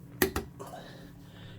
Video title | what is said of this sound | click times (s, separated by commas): Harbor Freight Pittsburgh Basic 1/2" Click Type Torque Wrench Review | but you wait for the click | 0.2 s